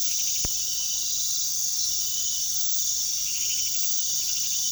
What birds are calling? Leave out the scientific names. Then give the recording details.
none. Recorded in pastures near Puerto Asís, Putumayo, Colombia, on 20 February 2024 at 01:30. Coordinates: 0.468, -76.328. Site G6414